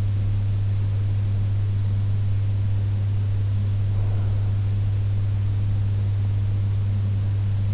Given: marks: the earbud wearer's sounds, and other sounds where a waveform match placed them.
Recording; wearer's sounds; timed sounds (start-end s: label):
sounds in sleep by an in-ear microphone; breath
2.79-4.79 s: breath